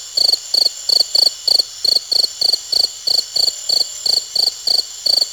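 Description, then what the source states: Cricket giving regular short pulsed chirps, roughly three per second, evenly spaced throughout, with a steady high-pitched background tone. At Uxmal.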